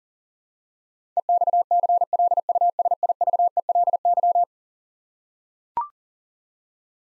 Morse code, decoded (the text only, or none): EXCLUSIVELY